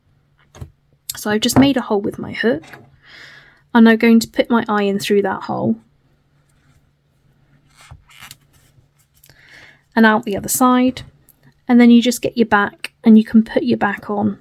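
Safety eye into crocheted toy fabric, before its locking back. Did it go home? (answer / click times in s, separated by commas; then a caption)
no / none. A plastic safety eye stem is pushed through a hole made with a crochet hook in a crocheted cotton skull and out the other side, with soft faint handling noises around 8–9 s between stretches of someone talking. The washer back has not been pushed on yet, and nothing has clicked or locked in place.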